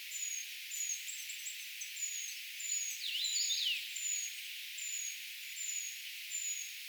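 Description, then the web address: Eurasian treecreeper calls: very thin, high, slightly falling notes repeated roughly every 0.7 seconds, with a brief cluster of lower chirps from another bird midway. Brood of young calling, recorded 4 June 2025; identification is tentative. "paivat 4 6 2025 tietaakseni puukiipijapesueen aantelya"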